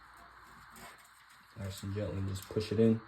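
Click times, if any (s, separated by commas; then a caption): none. A power switch module is slid gently through its opening in a Dell Optiplex 7040 desktop PC chassis before being pushed in, with faint handling rustle in the first second and a half, then someone talks. Nothing has seated or clicked yet.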